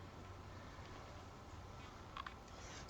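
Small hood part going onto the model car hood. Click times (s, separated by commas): 2.2 s, 2.3 s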